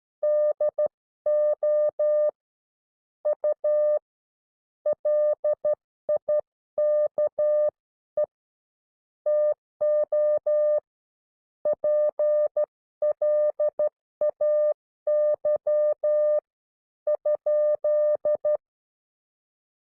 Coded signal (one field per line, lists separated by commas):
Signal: Morse code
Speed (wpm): 13 wpm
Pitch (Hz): 600 Hz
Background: none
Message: DO U LIKE TO PLAY ?